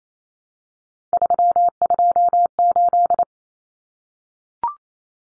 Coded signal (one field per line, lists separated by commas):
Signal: Morse code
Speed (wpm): 28 wpm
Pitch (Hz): 700 Hz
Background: none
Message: 328